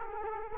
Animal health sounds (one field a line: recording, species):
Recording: mosquito wingbeat signal from an infrared sensor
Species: Culex quinquefasciatus